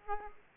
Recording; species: mosquito wingbeat signal from an infrared sensor; Aedes aegypti